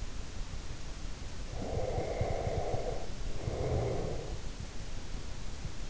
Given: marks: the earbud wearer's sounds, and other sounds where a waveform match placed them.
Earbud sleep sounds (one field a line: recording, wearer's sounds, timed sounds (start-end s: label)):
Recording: sounds in sleep by an in-ear microphone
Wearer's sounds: breath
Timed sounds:
1.49-4.46 s: breath